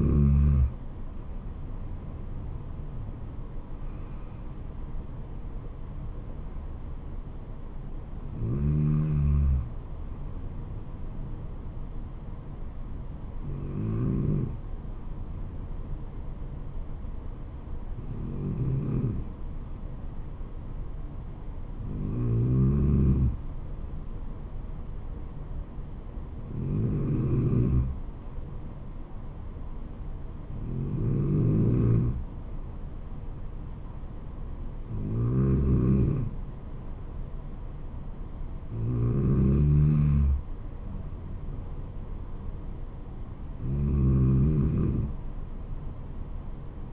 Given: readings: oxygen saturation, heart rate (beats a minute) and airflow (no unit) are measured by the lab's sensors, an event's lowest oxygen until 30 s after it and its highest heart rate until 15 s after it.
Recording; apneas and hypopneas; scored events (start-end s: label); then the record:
breathing in sleep by a smartphone at the bedside; none
none scored
From the record:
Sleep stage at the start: N2 (light sleep); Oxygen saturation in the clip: 93 to 94%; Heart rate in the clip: 65 to 74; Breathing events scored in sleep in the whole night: 426 in 7.4 hours asleep